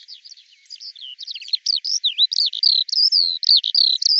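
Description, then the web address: Eurasian skylark song: soft jumbled twitters building into louder, clearer slurred whistles repeated in quick succession. "cianscape birddata Deverinetal 2025 Bird Al Ar"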